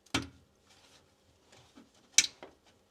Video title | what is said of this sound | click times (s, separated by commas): How To Change A Heating Pump - NO HEATING / HOT WATER | and you'll hear it click | 2.2 s